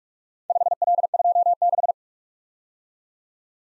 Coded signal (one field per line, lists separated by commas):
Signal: Morse code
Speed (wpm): 44 wpm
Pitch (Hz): 700 Hz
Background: none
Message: 5L26